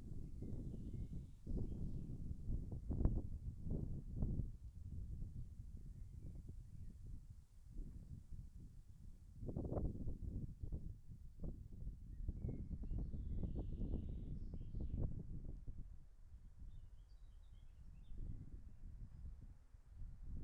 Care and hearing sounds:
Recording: everyday scene through a hearing-aid microphone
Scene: wind on the microphone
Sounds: wind, traffic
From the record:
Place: in front of a rural house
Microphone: behind the ear, left, rear

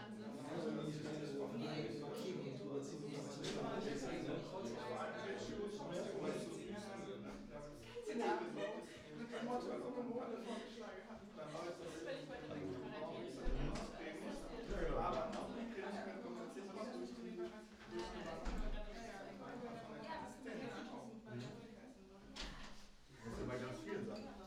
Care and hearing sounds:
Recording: everyday scene through a hearing-aid microphone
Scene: many people talking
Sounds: many voices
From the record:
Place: bistro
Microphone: in the ear canal, right

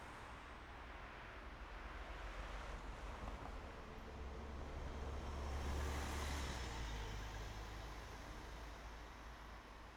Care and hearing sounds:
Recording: everyday scene through a hearing-aid microphone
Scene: in traffic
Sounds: traffic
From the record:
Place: main road on the outskirts, rush hour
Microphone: behind the ear, right, front

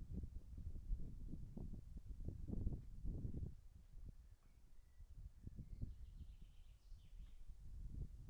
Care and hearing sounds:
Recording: everyday scene through a hearing-aid microphone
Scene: wind on the microphone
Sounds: wind, birds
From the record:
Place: in front of a rural house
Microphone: behind the ear, right, rear

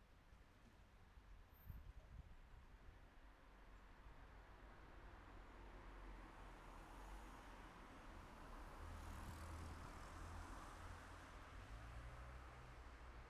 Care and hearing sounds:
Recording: everyday scene through a hearing-aid microphone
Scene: in traffic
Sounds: traffic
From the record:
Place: city secondary road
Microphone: behind the ear, left, front

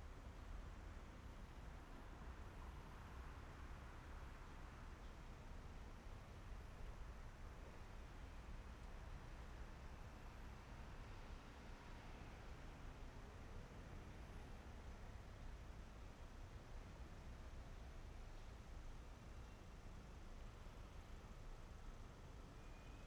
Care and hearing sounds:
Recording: everyday scene through a hearing-aid microphone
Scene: in traffic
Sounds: traffic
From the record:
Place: main city hub, rush hour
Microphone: behind the ear, right, front

